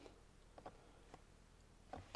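A flat plastic snap-fold camp bowl is folded into shape, its side tabs pushed into their snap joints, which only snap when it is assembled the right way round. Faint plastic ticks are heard around 0.6 s, 1.1 s and 1.9 s before a sharper snap at 2.2 s. The sides seat and the bowl holds together.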